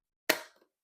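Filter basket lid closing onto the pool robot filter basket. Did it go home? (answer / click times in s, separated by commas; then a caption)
yes / 0.3 s. The lid of the plastic ultra-fine filter basket for an Aiper Scuba X1 pool cleaning robot is pressed closed onto the basket. A single sharp, bright snap at 0.3 s rings briefly, followed by two faint small ticks around 0.56 s and 0.62 s. The lid snaps shut and is seated.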